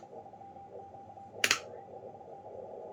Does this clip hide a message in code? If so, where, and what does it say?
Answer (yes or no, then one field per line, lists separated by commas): no